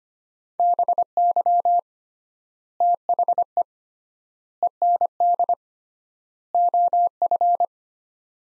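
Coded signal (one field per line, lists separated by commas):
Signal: Morse code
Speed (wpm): 25 wpm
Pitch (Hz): 700 Hz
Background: none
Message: BY THE END OF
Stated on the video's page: Morse practice of four-word sets at 25 wpm with 3x word spacing, a Farnsworth-like method; words sent in Morse, then spoken, then sent again.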